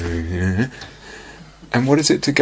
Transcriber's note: continue grumbling